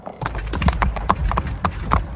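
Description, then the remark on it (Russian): Horses' hooves clip-clop in a brisk, steady rhythm as a coachman's carriage sets off, about a dozen sharp knocks over two seconds, riding on a continuous low rumble of rolling wheels. “Кучер смачно поцеловал воздух, нахлобоснул вожжами и, предвкушая скорое возмездие, завопил «Но!».”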